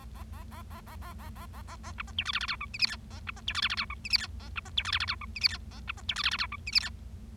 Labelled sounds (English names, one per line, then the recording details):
Bengalese Finch song
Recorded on 25 March 2012 at 11:01
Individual gy6or6